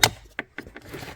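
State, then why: Seated. A plastic-framed cabin air filter for a 2010–2013 Acura MDX is slid back into its HVAC filter housing behind the glove box. Sharp clicks sound at 0.0 and 0.4 seconds as it seats, followed by quieter plastic knocks near 0.6 and 0.8 seconds. The filter is confirmed clicked home and in place.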